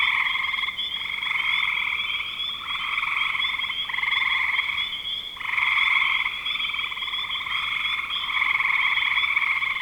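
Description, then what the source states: Frogs trill in a constant high chorus, broken by several short dips. Recorded in spring 2025.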